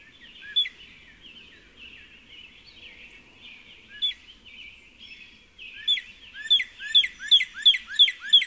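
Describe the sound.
Northern cardinal song: a few isolated whistles over background bird chatter, then a steady run of loud downslurred notes, roughly three per second.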